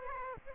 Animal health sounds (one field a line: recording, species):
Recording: mosquito wingbeat signal from an infrared sensor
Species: Aedes aegypti